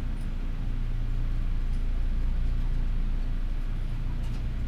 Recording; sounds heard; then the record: poultry house recording; healthy chickens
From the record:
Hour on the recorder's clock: 12